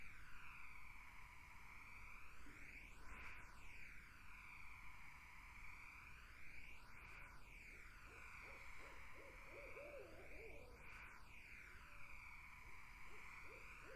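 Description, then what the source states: Barred owl calls arrive late, a rapid cluster of wavering hoots after a long stretch of insect drone, followed by a few scattered hoots. Summer wetland.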